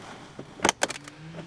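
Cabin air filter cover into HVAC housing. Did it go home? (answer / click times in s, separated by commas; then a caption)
yes / 0.8 s. On a 2021 Honda Ridgeline, the cabin air filter access cover is levelled and slid back into the HVAC housing behind the glove box. A loud scraping burst around 0.6–0.7 s is followed by a sharp snap at 0.8 s and a few lighter ticks up to 1.1 s. The cover clicks in and is seated.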